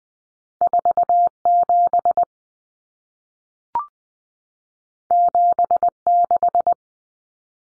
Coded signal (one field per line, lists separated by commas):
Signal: Morse code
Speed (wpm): 20 wpm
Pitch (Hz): 700 Hz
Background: none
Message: 47 76